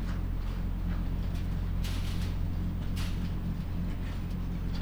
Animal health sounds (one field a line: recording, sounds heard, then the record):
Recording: poultry house recording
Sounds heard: sick chickens (respiratory disease)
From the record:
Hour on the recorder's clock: 3